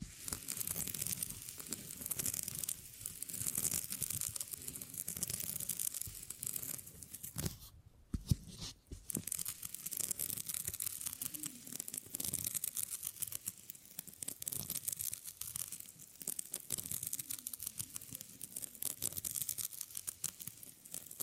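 Beeswax being handled and pressed, giving a dense, crackling, sticky texture of tiny clicks and crinkles that runs almost without pause. Around eight seconds there is a brief quieter gap with a sharper tap, then the steady crinkly tearing sound resumes until the end.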